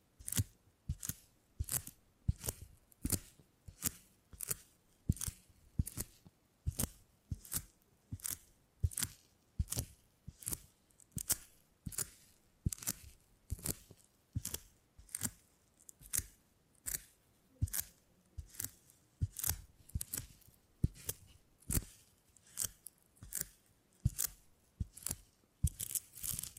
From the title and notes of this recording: ASMR 20 Brain Tingly Sounds Using Beeswax (No Talking).